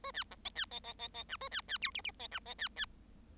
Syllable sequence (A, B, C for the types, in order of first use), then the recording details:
A B C D B D D D D E A B B F G G D E D B B. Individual Bird7